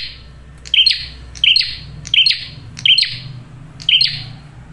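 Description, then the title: Prinia giving five sharp, buzzy chirps, each opening with a crisp click, over a faint low hum. Male prenjak singing loudly and clearly in a tight series; used as a trapping lure (pikat) and to attract females (pancingan betina). "Masteran Duet Cililin Vs Kapas Tembak. PRENJAK JANTAN GACOR SUARA JERNIH, RAPET. " COCOK UNTUK PIKAT MAUPUN PANCINGAN BETINA ""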